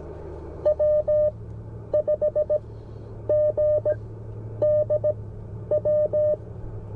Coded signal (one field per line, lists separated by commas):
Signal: Morse code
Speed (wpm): 17 wpm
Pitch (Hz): 600 Hz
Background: none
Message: W5GDW